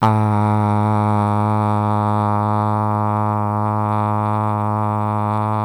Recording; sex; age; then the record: sustained vowel /a/; male; 20 to 29 years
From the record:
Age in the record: 20 years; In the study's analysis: included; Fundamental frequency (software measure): 105 Hz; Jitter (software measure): 0.32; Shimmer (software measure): 0.90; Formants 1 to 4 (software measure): 865 Hz, 1198 Hz, 2595 Hz, 3557 Hz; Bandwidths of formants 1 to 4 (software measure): 174 Hz, 188 Hz, 363 Hz, 325 Hz